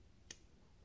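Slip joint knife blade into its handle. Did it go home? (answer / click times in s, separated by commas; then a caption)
yes / 0.3 s. A slip joint pocket knife blade is folded closed into its handle, and the backspring snaps it shut. One sharp, bright snap lands at 0.3 s over a quiet background, and the blade is seated shut.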